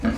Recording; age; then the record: pig call; growing-finishing pig (85 days or more)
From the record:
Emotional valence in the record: negative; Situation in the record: barren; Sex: female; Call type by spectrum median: low-frequency call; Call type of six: low-frequency stable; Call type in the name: low-frequency stable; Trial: 3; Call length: 0.19 s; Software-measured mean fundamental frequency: 43 Hz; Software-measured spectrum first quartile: 202 Hz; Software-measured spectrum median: 315 Hz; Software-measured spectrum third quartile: 1016 Hz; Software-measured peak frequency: 233 Hz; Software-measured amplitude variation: 159 dB a second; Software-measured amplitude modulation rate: 13.4 a second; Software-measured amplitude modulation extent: 11.9 dB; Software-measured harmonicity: 3.8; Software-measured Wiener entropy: -1.52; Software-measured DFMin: 653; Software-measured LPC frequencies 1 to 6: 1561, 2201, 2957, 3953, 4590, 5351 Hz